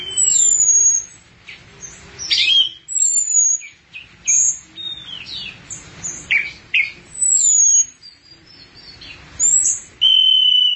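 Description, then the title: Thrush song: high sharp whistles, some sliding downward, mixed with squeaky notes, in phrases separated by short pauses. "burung anis x"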